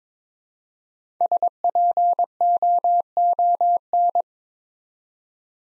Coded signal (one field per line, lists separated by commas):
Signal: Morse code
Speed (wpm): 22 wpm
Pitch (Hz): 700 Hz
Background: none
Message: SPOON